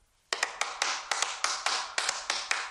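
A quick rhythmic pattern tapped on a small matchbox as a rhythm test to be repeated: a dozen or so sharp, dry taps in uneven groupings, crisp and fairly loud, with no voices.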